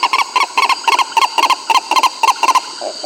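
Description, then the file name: Bird calls: a rapid series of short, harsh, nasal notes, mostly in pairs, then two softer, lower notes at the end, with a constant high drone behind. "SABIOD 50 bird 2015"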